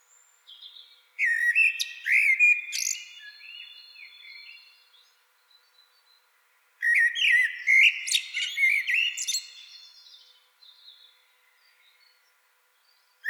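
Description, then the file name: Common blackbird singing two mellow, fluted warbling phrases several seconds apart, each mixed with thin, squeaky high twitters, with quiet pauses between. "Turdus merula"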